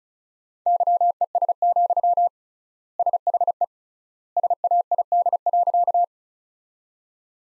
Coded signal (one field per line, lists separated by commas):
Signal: Morse code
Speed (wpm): 36 wpm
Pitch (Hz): 700 Hz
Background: none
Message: YES, SHE SAID.